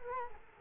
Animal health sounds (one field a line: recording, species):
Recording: mosquito wingbeat signal from an infrared sensor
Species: Culex quinquefasciatus